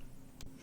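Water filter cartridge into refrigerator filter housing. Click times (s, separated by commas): 0.4 s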